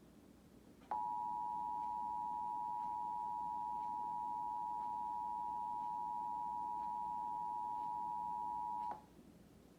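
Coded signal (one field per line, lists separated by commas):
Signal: Emergency Alert System (SAME) tones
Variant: 853 and 960 Hz attention tone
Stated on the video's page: Monthly EAS test recorded from a television station.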